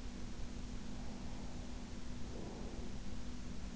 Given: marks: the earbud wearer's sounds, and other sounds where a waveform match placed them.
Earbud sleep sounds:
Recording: sounds in sleep by an in-ear microphone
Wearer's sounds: breath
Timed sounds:
0.73-3.51 s: breath

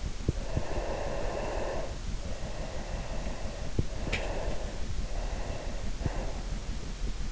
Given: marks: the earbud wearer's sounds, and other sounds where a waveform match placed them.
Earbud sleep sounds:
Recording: sounds in sleep by an in-ear microphone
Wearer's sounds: breath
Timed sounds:
0.64-3.83 s: breath
4.02-6.31 s: breath
4.02-6.31 s: sound from someone else or the room

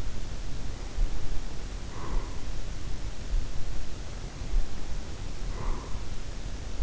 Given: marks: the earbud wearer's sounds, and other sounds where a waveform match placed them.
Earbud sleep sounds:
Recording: sounds in sleep by an in-ear microphone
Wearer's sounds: breath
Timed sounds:
0.74-2.53 s: breath
4.28-6.33 s: breath

